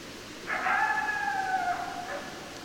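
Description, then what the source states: Coyote howl, one sustained wavering tone that gently falls, followed by a brief sharp yip, with faint background hiss. More than one coyote, recorded 10 December 2012.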